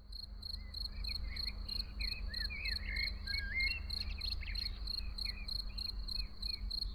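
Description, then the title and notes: Field cricket chirping steadily in a regular series of bright chirps, with a blackbird's warbling phrases in the background and low traffic rumble. Early summer in the small village of Ettenkirch near Lake Constance, recorded over 14 years ago; blackbirds and some cars in background; Edirol R1 recorder with OKM I microphones. "Frühsommerszene in einem kleinen Dorf in der Nähe des Bodensees: Feldgrille, Amseln, Kirchenglocken, Stimmen und einige Autos im Hintergrund."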